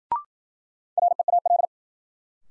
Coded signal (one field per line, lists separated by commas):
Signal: Morse code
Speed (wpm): 54 wpm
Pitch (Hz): 700 Hz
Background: none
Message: REAL